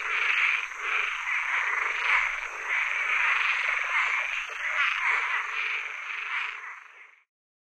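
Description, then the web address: Cuban treefrog call, a raspy snoring croak repeated in quick, slightly uneven bursts for about seven seconds before stopping. North America. "Songs of Frogs Toads of North America. Cuban Treefrog"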